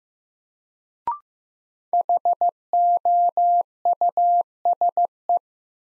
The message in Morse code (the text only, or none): HOUSE